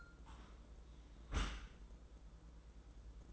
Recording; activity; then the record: daily activity, microphone in the room; close dishwasher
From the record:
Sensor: 3